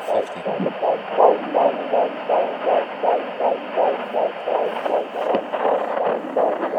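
Rapid, regular whooshing pulses near 160 a minute: a fetal heartbeat on Doppler at 13.5 weeks of pregnancy.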